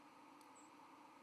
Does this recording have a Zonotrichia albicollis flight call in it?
yes